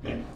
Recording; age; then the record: pig call; growing-finishing pig (85 days or more)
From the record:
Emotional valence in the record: negative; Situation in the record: barren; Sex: female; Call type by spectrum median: low-frequency call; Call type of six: low-frequency stable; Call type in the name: low-frequency stable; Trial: 1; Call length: 0.36 s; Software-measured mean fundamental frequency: 44 Hz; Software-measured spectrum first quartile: 190 Hz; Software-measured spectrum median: 378 Hz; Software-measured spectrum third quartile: 947 Hz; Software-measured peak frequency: 288 Hz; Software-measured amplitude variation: 126 dB a second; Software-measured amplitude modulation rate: 21.1 a second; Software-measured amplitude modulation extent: 6.0 dB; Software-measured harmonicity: 0.4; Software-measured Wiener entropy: -0.72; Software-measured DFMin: 723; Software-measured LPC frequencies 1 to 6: 416, 1762, 2449, 3037, 5283, 6691 Hz